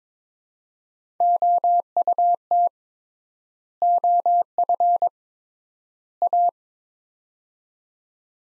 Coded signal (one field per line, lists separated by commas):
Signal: Morse code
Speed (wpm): 22 wpm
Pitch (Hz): 700 Hz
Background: none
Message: OUT OF A